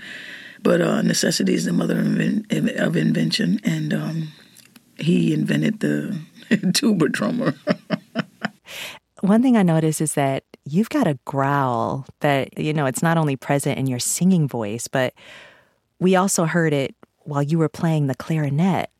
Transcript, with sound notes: But necessity is the mother of invention, and he invented the tuba drummer (laughter).
One thing I noticed is that you've got a growl that, you know, it's not only present in your singing voice, but we also heard it while you were playing the clarinet.